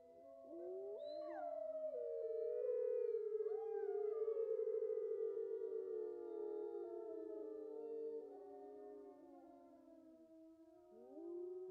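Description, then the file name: Wolf: several wolves howl at once, one voice leaping sharply upward early on, others holding long sliding notes that waver and overlap. A wolf pack howling, recorded close. "Digiffects Sound Effects Library - Close Wolf Pack Howls"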